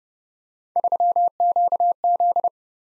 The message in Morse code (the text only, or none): 3QZ